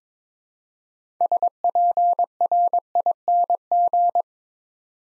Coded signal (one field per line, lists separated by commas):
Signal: Morse code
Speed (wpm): 22 wpm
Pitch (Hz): 700 Hz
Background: none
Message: SPRING